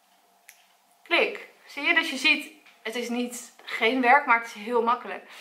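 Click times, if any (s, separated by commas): 0.5 s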